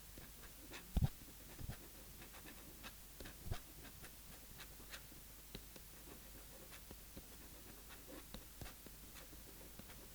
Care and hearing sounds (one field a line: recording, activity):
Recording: daily activity, guitar pickup as the sensor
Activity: write